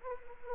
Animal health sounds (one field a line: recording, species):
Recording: mosquito wingbeat signal from an infrared sensor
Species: Anopheles arabiensis